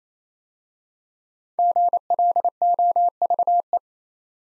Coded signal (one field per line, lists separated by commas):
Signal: Morse code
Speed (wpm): 27 wpm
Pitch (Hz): 700 Hz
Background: none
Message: GLOVE